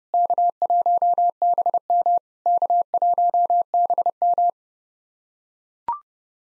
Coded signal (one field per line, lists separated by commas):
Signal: Morse code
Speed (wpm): 30 wpm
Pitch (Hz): 700 Hz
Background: none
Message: K1BM K1BM